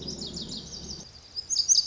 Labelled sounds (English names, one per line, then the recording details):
Lazuli Bunting
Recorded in Sonoma County, California